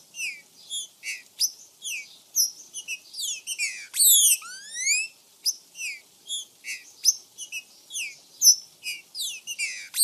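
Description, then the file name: Green-winged saltator singing a long, lively run of bright whistled notes and steep descending slurs, delivered in quick clusters with brief gaps. "CANTO TRINCA FERRO"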